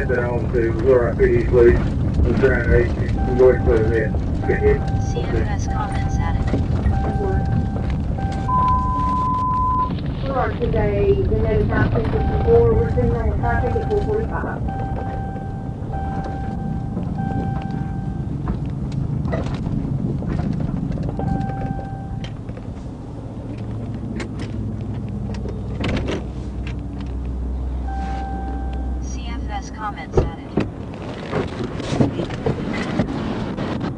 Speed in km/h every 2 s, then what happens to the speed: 16, 16, 16, 16, 10, 16, 13, 13, 10, 11, 0, 0, 0, 0, 0, 0, 0.
0-19 slows to 0. 19-34 standing.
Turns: 8-13.